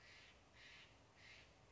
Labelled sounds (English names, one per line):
Steller's Jay